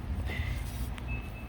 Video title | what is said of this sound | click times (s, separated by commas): changing the d2s hid light bulb for a 2013 infiniti jx35 | you put it in and then you turn this one clockwise until it locks into place so | 1.0 s